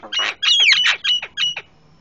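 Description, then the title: Javan myna giving a short series of loud, harsh squawking notes with whistled overtones in quick succession. Very noisy master calls used for tutoring caged birds. "Jalak Kebo Master Suara Super Berisik Buat Masteran"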